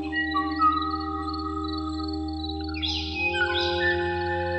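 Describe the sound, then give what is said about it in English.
Clear, bell-like whistled notes of the song of a Kauai o'o, a small forest bird of the Hawaiian island of Kauai: steady ringing tones that shift to higher, brighter chirps near the end, with no talking. “The poignant, bell-like tones you're hearing belong to the Kauai o'o, a small forest bird of the Hawaiian island of Kauai.”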